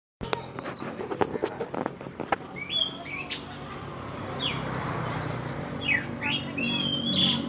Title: Kicau Kacer